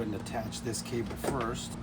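While refitting the front door panel of a 2022–2026 Lexus NX 350h, the door handle release cable end is handled toward its small socket on the panel handle as someone talks over a steady low hum. Nothing has seated or clicked yet.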